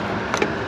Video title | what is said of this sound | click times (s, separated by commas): He traded is car for this TWIN TURBO V8! | right there until you hear it click there you go | 0.3 s, 0.4 s